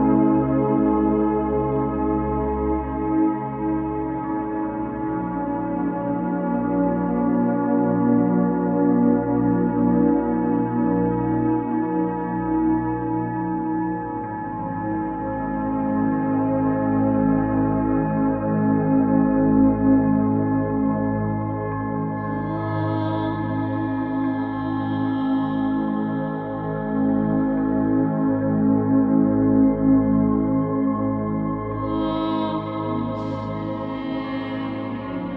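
An 852 Hz Solfeggio piece plays as a dense, steady drone of layered sustained tones over a low hum, with brief airy shimmers near 23 and 32 seconds.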